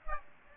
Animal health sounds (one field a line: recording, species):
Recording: mosquito wingbeat signal from an infrared sensor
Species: Aedes aegypti